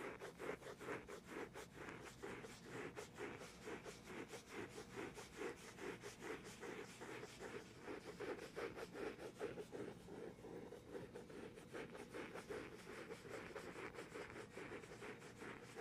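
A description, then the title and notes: Gentle tapping and scratching goes on for the whole stretch, a dense run of quick, soft strokes at a fairly regular pace. The level stays even throughout, with a mid-range scratchy texture and light rubbing, like fingers working over wood. ASMR medium gentle tapping and scratching.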